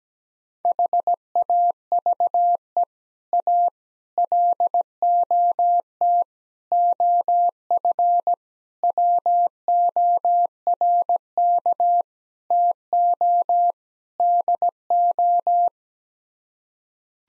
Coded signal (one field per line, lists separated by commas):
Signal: Morse code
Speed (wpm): 17 wpm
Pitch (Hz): 700 Hz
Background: none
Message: HAVE A LOT OF WORK TO DO